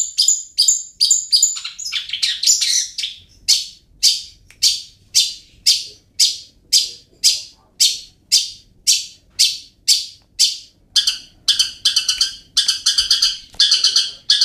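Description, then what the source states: Long-tailed shrike song: rapid scratchy chatter at first, then harsh rasping notes repeated roughly twice a second, quickening near the end. Cage-bird training song.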